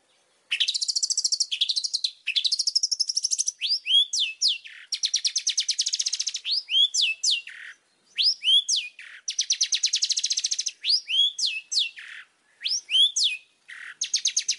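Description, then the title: Oriental magpie-robin song mixing long buzzy, rapid trills with sharp rising whistled sweeps, delivered in loud phrases with short pauses. Whistled song of a highly vocal Oriental magpie-robin, used as a lure to draw other magpie-robins into answering. "Pancingan Suara Siulan Kacer Gacor Mantap Untuk Memancing Kacer Lain Agar Mau Nyaut Bunyi"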